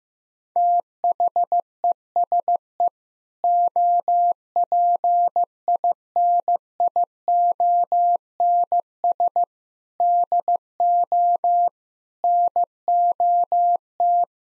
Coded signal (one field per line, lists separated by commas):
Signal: Morse code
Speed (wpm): 15 wpm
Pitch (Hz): 700 Hz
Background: none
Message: THESE OPINIONS DO NOT